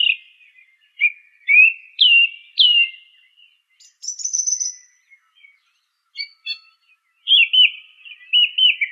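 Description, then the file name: Song thrush song: repeated clear whistled notes, a high trilled phrase, then quickly repeated fluty notes. "suara kicauan burung song thrush. omkicau"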